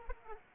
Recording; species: mosquito wingbeat signal from an infrared sensor; Aedes aegypti